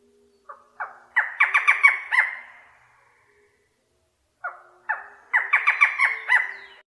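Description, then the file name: Barred forest falcon calling in two bouts of harsh notes, each starting with spaced barks that speed into a quick run of grating squawks, with a silent pause between. "suara barredforest"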